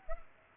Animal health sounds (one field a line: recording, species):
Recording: mosquito wingbeat signal from an infrared sensor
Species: Culex pipiens